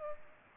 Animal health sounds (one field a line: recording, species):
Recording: mosquito wingbeat signal from an infrared sensor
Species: Culex pipiens